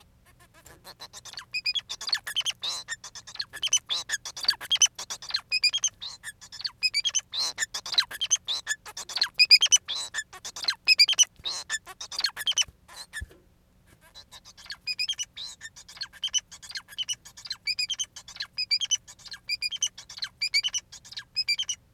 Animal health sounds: song of a male Bengalese finch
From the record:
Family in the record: son of father 4

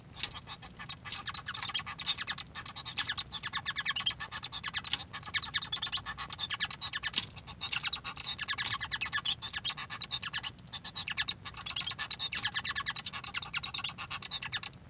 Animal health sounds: song of a male Bengalese finch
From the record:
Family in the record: son of father 1

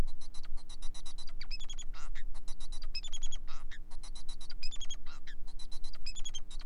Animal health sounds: song of a male Bengalese finch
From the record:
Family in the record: son of father 4

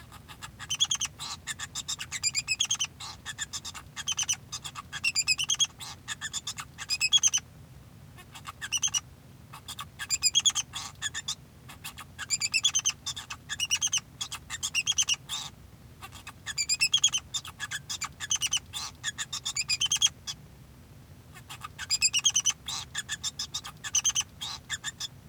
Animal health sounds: song of a male Bengalese finch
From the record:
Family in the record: son of father 2

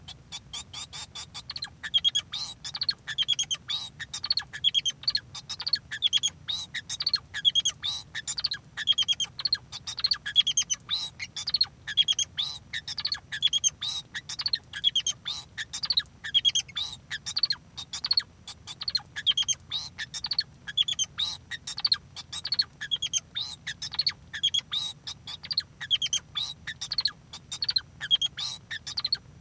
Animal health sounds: song of a male Bengalese finch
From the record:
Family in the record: son of father 2

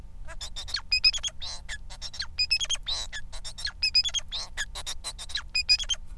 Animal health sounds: song of a male Bengalese finch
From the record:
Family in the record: son of father 4

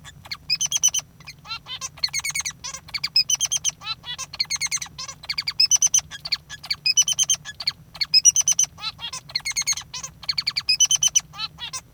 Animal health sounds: song of a male Bengalese finch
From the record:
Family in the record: father 3

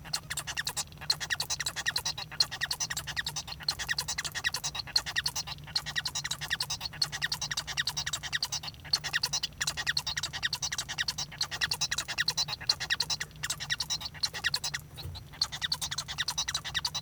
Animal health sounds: song of a male Bengalese finch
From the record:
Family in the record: son of father 1

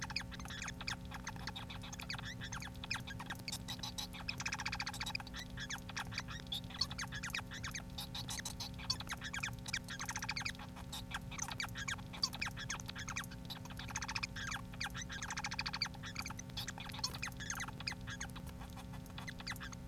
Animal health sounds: song of a male Bengalese finch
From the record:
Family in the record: son of father 4

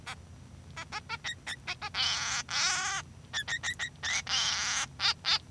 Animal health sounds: song of a male Bengalese finch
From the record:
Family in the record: son of father 3

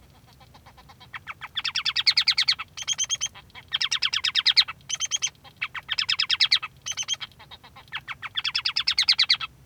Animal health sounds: song of a male Bengalese finch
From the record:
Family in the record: son of father 3

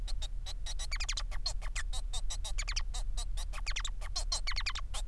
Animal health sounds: song of a male Bengalese finch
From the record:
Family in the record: son of father 4

